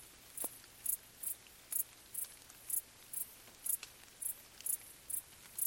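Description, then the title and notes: Cricket stridulation, high chirps at a quick even pace, while light rain patters and drips. Several crickets stridulating late on a summer night in gentle rain falling on vegetation, along an abandoned railway track in Bad Boll, Baden-Württemberg, nearby village silent. "Crickets in gentle summer rain. crickets stridulating late at night whilst gentle summer rain falls on the surrounding vegetation. abandoned railway track in Bad Boll, Baden-Württemberg. Colin Hunter. Music for Sleep"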